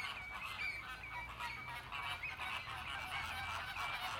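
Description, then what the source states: Flamingo flock giving constant nasal, goose-like honking, thick overlapping chatter with some thin whistled notes on top. Captive flamingos at the Bristol Zoo flamingo enclosure.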